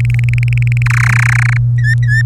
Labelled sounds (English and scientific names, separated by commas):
Domestic Canary (Serinus canaria) song